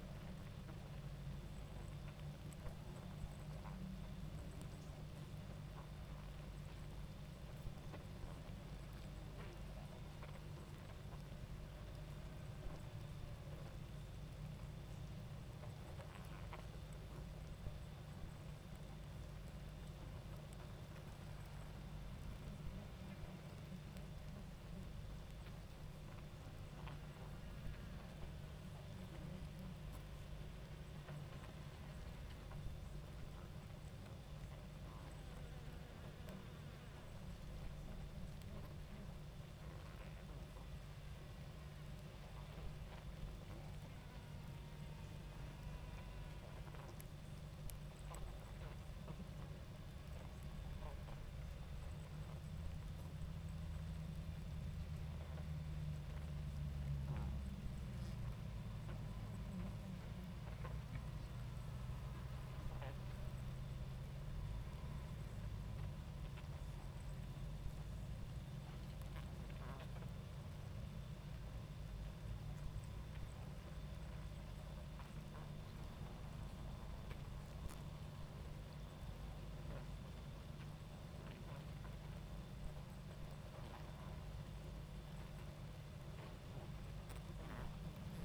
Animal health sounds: honeybee colony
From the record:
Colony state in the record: active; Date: 28 July 2017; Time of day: 21:52

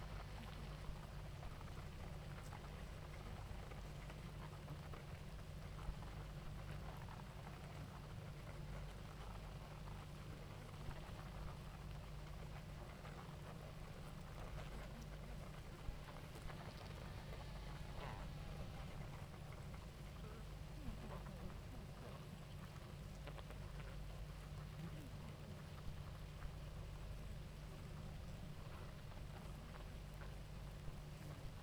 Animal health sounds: honeybee colony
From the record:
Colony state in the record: active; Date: 28 July 2017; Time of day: 18:49

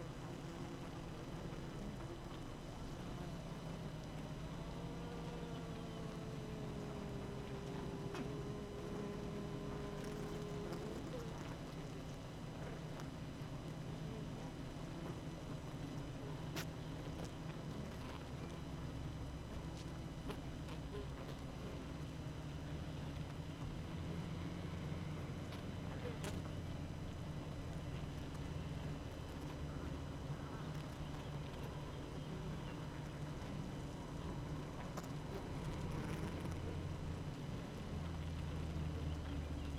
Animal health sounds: honeybee colony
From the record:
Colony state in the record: active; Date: 12 June 2018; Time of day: 8:03

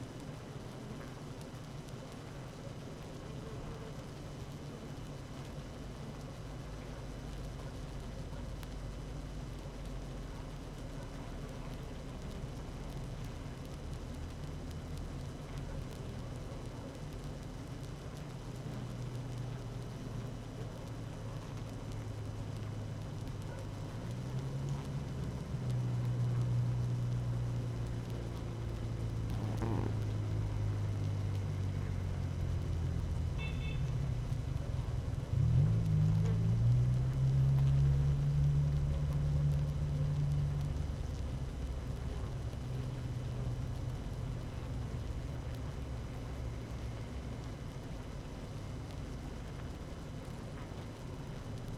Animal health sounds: honeybee colony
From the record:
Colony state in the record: active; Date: 12 June 2018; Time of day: 17:30

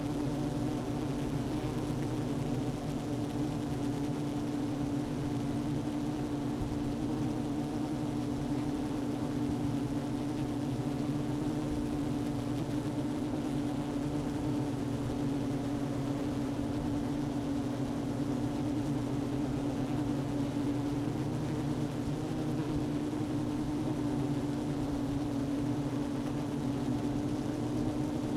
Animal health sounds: honeybee colony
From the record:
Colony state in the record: active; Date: 12 June 2018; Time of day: 11:29

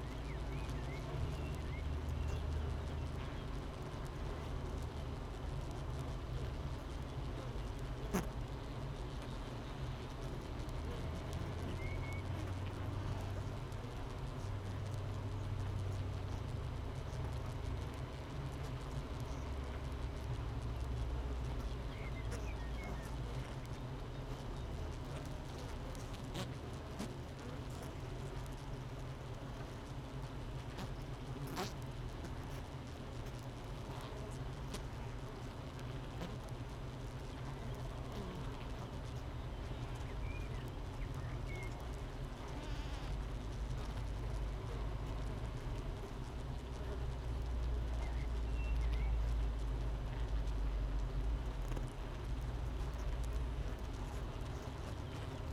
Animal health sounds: honeybee colony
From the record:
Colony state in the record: missing queen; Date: 31 May 2018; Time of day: 7:48

